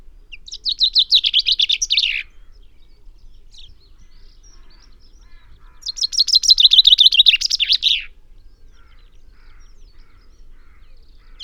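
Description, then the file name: Common chaffinch singing two lively descending trills that finish in a flourish, with a few soft, short notes in between. "Fringilla coelebs"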